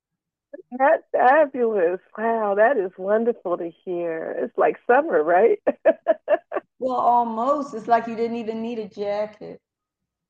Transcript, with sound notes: That's fabulous. Wow, that is wonderful to hear. It's like summer, right? (laughs)
Well, almost. It's like you didn't even need a jacket.